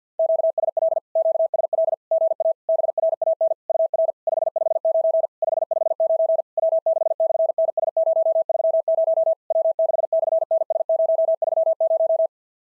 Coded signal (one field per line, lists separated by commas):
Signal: Morse code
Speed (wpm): 48 wpm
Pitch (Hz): 660 Hz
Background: none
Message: QSL QSL GA BRAN UR 559 559 W6/NS030 W6/NS030